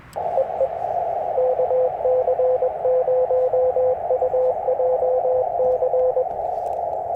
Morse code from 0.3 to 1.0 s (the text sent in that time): EE